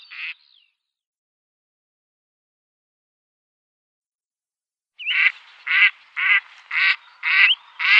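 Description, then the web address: Gadwall flight calls: a single harsh quacking note, a pause, then a run of six more in quick, fairly even succession. Female; flight calls. "Schulze Peter Gadwall female flightcalls"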